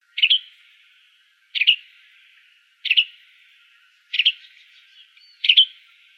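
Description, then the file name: Tanager giving five sharp, high, two-part chip calls, evenly spaced about every one and a third seconds, with a soft note just before the last. "FCTA CALLS 2 deviche"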